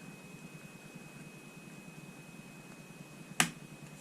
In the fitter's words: These front 3 have like a plastic clip on them, and you want to back them to the left until you hear a click.